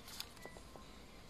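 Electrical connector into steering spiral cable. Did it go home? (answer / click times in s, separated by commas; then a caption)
no / none. A plastic electrical connector is handled at a Nissan steering wheel spiral cable (clock spring) during refitting, with a short sharp tick at 0.2 s and a softer knock around 0.8 s over a low background hum. No talk is heard. Nothing has seated or clicked yet; the connector is not yet home.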